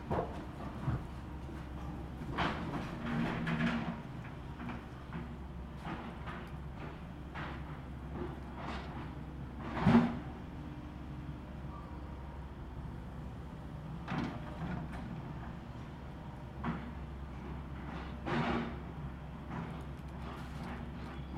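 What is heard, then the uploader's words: Demolition work with a steady low rumble running underneath throughout. Sharp knocks and scraping bangs break through irregularly, a cluster early on, a loud crack near ten seconds, and more scattered thuds later, with a machine-like drone holding in the background. Demolition. Recorded from the driveway of the Tintinabulary.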